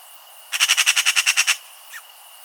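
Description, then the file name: Eurasian magpie giving a harsh, rattling chatter of about ten rapid grating notes lasting one second, then a brief soft note; a faint steady high tone runs throughout. "Pica pica"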